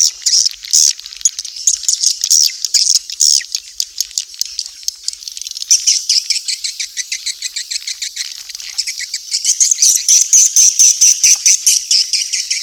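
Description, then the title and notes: Swiftlet calls, a continuous series of rapid, high, buzzy chirps and clicks, growing louder near the end. Swiftlet sound used in swiftlet farming in Asia. "Swiflet Bird Sound. Farming Swiflet Bird asia sound"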